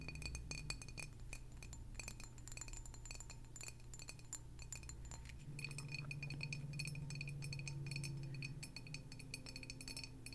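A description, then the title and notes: Rapid, irregular taps on glass ring out brightly and densely throughout, over a steady low hum that shifts pitch about halfway through. ASMR Nothing But Glass (glass tapping for sleep).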